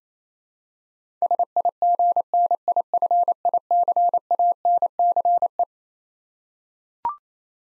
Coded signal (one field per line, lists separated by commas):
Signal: Morse code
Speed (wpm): 27 wpm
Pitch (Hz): 700 Hz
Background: none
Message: SIGNIFICANCE